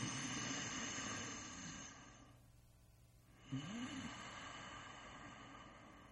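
A rough, rattling breath noise fades into a brief quiet pause, then ends with a low, pitched snort that rises and falls. A single snore cycle from an adult, consistent with ordinary snoring.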